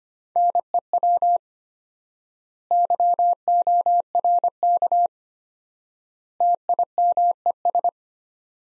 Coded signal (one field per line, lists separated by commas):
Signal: Morse code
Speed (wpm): 25 wpm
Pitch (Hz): 700 Hz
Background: none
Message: NEW YORK TIMES